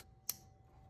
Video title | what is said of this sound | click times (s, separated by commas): Bright 9006 Low Beam Upgrade in Minutes! Novsight N99 LEDs Corolla | That one goes on the tab. Make sure it clicks. | 0.3 s